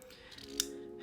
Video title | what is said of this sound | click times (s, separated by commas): TPT Slide Budget Alternatives | and it clicks back in place to where it's locking and it's not going to move anywhere unless you push down pretty decently hard and | 0.6 s